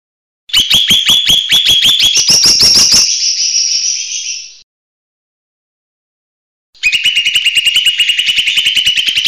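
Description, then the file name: Leafbird singing a rapid rattling series of repeated notes that blurs into a buzzy trill, then a pause and another fast chattering burst. Song style called mini tembakan besetan, used for training songbirds. "cucak hijau mini tembakan besetan omkicau"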